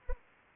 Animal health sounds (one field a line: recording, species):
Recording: mosquito wingbeat signal from an infrared sensor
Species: Anopheles arabiensis